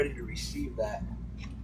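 An Airstream 30FB RV drawer is handled on its drawer slide latch mechanism while someone talks over a steady low hum. Nothing has seated or clicked yet; the drawer is not yet home when the clip ends.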